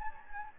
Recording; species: mosquito wingbeat signal from an infrared sensor; Anopheles gambiae